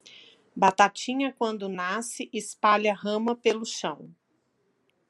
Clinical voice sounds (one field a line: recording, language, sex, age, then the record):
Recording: short text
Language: Brazilian Portuguese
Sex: female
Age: 40 to 49 years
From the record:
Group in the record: control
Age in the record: 49 years